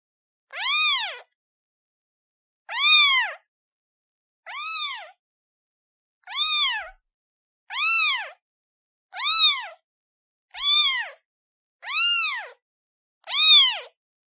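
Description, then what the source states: Cat: kitten mewing insistently, nine short high arched calls spaced roughly every one and a half seconds, clear harmonics, nothing else heard. Kitten calling for its mother.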